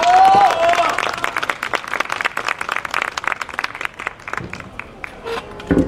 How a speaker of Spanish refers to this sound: Un aplauso, por favor.